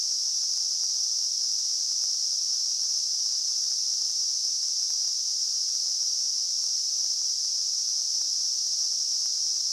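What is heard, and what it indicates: Simulated tinnitus: a steady, continuous high-pitched hiss concentrated around 5–6 kHz, unchanging throughout, with no low-frequency content.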